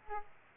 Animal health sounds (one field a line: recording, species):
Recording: mosquito wingbeat signal from an infrared sensor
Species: Aedes aegypti